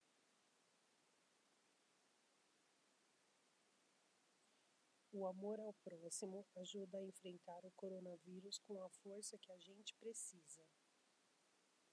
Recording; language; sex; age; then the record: spoken sentence; Brazilian Portuguese; female; 40 to 49 years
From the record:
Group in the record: control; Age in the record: 41 years